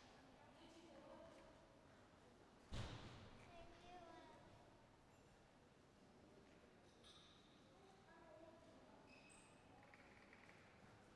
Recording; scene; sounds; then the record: everyday scene through a hearing-aid microphone; reverberant space; background noise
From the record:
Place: railway station hall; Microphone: behind the ear, right, front